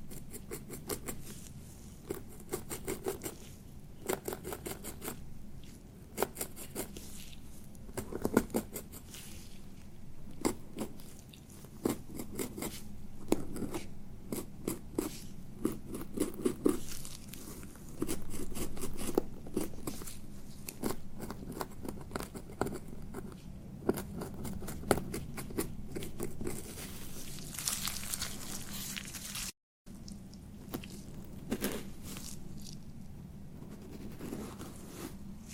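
Beard treatment: a steady run of dense, dry crackling and scratching, like fingers or a comb working through bristly hair. Quick irregular clicks and rustles come continuously, with a low muffled rumble underneath and a brief dropout near thirty seconds.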